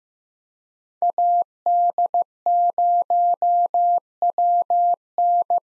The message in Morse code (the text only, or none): AD0WN